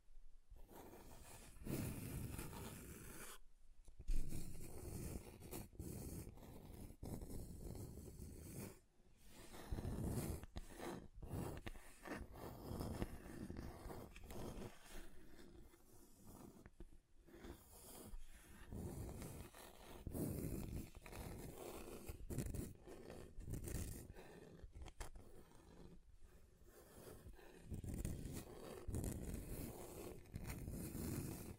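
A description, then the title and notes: Scratching on a table surface, with fingernails or an object dragged in short rasping strokes. The strokes are dense and uneven, mostly low and gritty with a dry upper edge, broken by brief silent pauses around four, nine and seventeen seconds. ASMR Relaxing Table Scratching Different Surfaces (No Talking).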